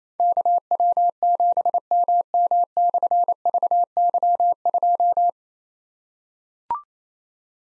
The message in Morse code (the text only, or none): KW7MM/VY2